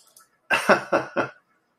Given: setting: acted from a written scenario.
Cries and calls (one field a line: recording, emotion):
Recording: vocal sound without words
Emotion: amusement